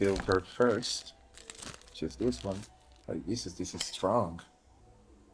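Someone talks while handling a variable ND filter, fitting it onto a camera lens filter adapter that has just been screwed in while rigging a Lumix S5IIX. A cluster of small handling clicks and rustles is heard around 1.4–1.8 seconds between the talking. The filter has not snapped into place yet.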